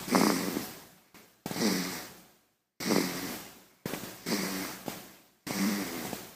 Baby Snoring.